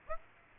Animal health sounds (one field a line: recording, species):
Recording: mosquito wingbeat signal from an infrared sensor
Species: Aedes aegypti